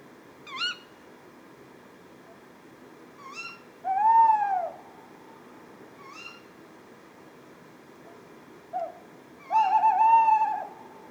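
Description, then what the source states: Tawny owl calls: sharp, rising, nasal notes repeated every few seconds, alternating with two longer hoots. A pair calling at 4:30 am on 20 February 2020 at Etang de Beaumont, Drôme, by a pond; recorded on a Nagra Seven with a Telinga Pro7 stereo parabola while searching for toads.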